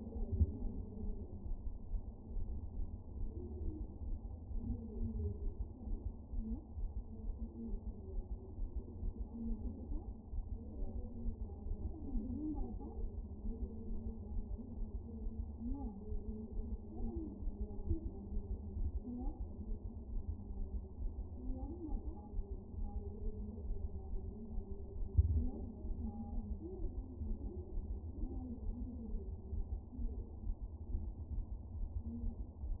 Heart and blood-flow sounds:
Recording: fetal heart sounds by stethoscope on the mother's abdomen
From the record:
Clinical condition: moderate anaemia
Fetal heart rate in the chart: 135 bpm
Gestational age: 39 weeks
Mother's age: 23 years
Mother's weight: 54 kg

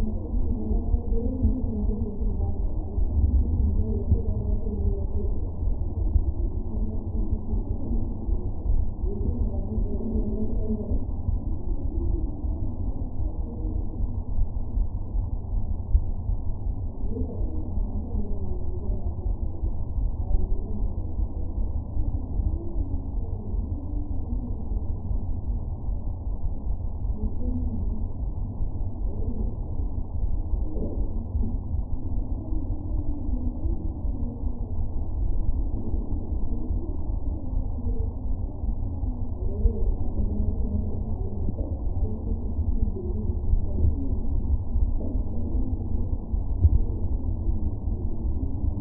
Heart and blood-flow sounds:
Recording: fetal heart sounds by stethoscope on the mother's abdomen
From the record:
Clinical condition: abdominal pain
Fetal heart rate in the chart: 146 bpm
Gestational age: 39 weeks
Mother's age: 27 years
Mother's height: 144 cm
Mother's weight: 83 kg

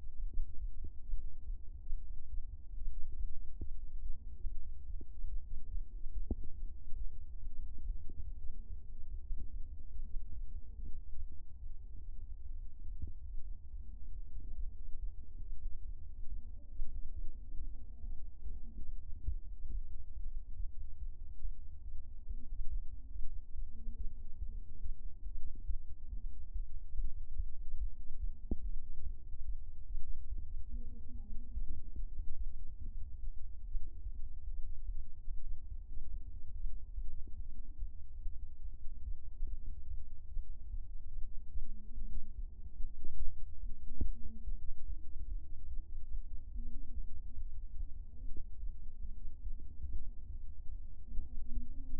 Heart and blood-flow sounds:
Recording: fetal heart sounds by stethoscope on the mother's abdomen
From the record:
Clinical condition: anaemia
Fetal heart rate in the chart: 144 bpm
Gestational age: 39 weeks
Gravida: 2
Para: 1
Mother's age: 23 years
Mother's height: 158 cm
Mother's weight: 65 kg

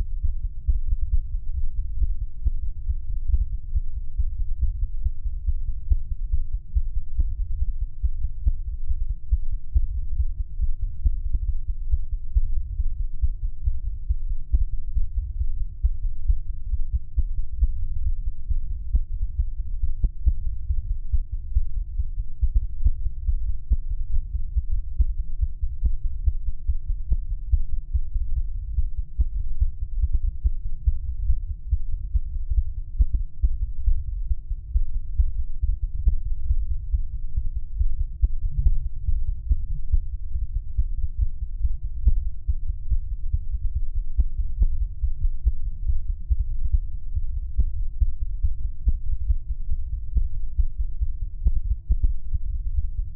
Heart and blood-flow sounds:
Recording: fetal heart sounds by stethoscope on the mother's abdomen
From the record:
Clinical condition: bleeding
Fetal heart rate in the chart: 148 bpm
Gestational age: 34 weeks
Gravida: 3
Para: 1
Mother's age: 23 years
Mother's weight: 49 kg

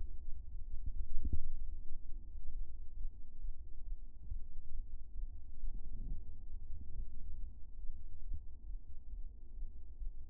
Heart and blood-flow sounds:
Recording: fetal heart sounds by stethoscope on the mother's abdomen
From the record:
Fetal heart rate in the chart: 132 bpm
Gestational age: 34 weeks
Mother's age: 22 years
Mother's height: 150 cm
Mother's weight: 62 kg

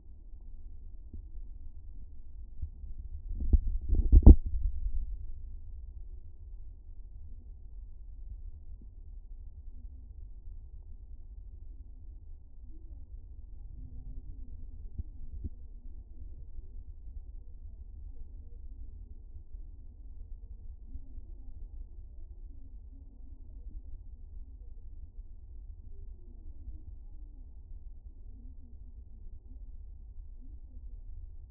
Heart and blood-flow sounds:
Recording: fetal heart sounds by stethoscope on the mother's abdomen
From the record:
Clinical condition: back pain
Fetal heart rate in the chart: 148 bpm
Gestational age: 38 weeks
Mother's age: 20 years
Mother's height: 145 cm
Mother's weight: 68 kg

